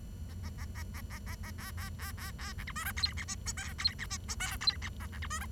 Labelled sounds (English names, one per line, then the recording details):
Bengalese Finch song
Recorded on 23 June 2012 at 09:50
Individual gr41rd51